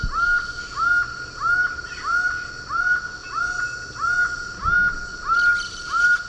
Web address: Natures Songs S America Eastern Lowlands Herpetotheres cachinnans, song